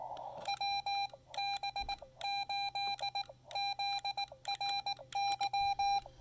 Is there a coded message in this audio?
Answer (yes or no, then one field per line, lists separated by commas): yes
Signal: Morse code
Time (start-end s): 0.5-6.0 s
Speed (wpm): 19 wpm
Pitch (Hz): 2400 Hz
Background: none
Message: WB8ZRY